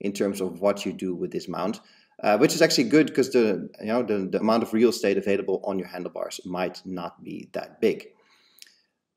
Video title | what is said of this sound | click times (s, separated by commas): PEAK DESIGN Out Front Bike Mount review | This just clicks in place and that is it. | 8.6 s